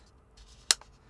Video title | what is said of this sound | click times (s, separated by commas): Canon RF 35mm F1.4 L VCM Review: The 35mm I was waiting for (and many years late!) | and you can hear the sound of it clicking and there's a button to release it you'll never accidentally release the hood | 0.7 s